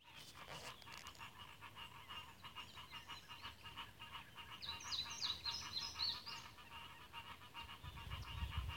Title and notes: Green Tree Frogs by Christie Mullen